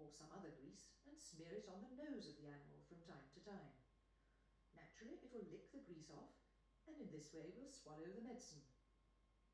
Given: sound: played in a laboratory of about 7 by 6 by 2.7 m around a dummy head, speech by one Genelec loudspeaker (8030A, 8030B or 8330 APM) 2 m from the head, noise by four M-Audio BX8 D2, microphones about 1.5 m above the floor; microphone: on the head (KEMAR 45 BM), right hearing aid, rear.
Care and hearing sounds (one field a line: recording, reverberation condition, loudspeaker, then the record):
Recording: female speech in English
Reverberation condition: medium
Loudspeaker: 60 degrees to the left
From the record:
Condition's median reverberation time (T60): about 510 ms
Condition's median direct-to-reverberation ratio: about -0.5 dB